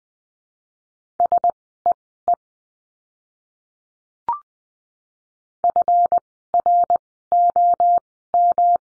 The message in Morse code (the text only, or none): SEE FROM